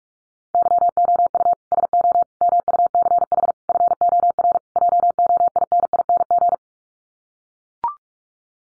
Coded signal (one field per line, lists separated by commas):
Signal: Morse code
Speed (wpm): 44 wpm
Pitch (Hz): 700 Hz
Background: none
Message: YOU SO MUCH FOR JOINING